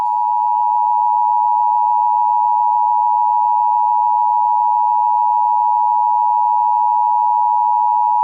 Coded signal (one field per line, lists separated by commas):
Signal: Emergency Alert System (SAME) tones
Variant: 853 and 960 Hz attention tone